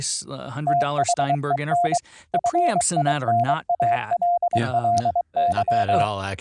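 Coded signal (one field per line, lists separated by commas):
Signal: Morse code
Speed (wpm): 23 wpm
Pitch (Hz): 700 Hz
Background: speech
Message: THEN FINALLY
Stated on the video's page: CW sent over a VLF 12 kHz AM-modulated transmitter and receiver, routed over IP with a modified Python script; live demo.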